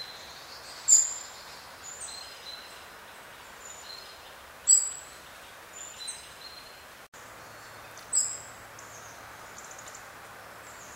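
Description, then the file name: European robin calls: three sharp, high clicking ticks spaced well apart, with faint thin notes in between, over constant hiss. "Erithacus rubecula"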